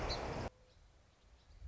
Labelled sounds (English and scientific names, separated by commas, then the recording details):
Song Sparrow (Melospiza melodia)
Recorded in Sonoma County, California